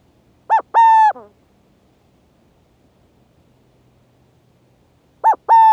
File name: burrowing owl